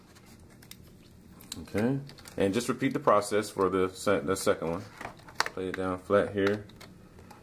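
A second arcade push button is laid flat against a fightstick's top panel, ready to be pressed in until its retaining tabs snap into place. Someone talks over light handling taps and faint clicks near the start and end. Nothing has seated or clicked into place yet.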